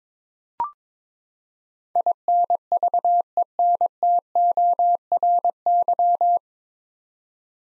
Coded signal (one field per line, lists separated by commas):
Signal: Morse code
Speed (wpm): 22 wpm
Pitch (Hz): 700 Hz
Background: none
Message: INVENTORY